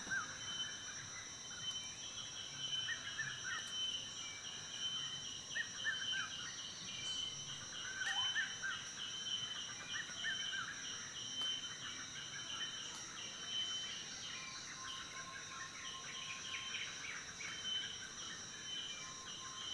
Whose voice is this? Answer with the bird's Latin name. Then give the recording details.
Cuculus solitarius. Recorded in Kibale, Uganda